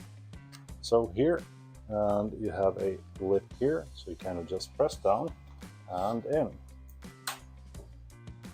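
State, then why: Seated. Someone talks over background music while an aquarium LED light fixture's mount is pressed down and in onto its tank-edge bracket. A sharp click at 7.3 s marks the mount locking onto the bracket, leaving it seated and quite rigid.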